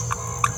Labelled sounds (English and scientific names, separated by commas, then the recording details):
Green-rumped Parrotlet (Forpus passerinus) babbling
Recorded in a nest box in Venezuela
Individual 18B17A3